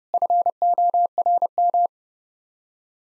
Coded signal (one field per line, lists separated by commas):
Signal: Morse code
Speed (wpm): 28 wpm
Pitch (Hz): 700 Hz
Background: none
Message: FORM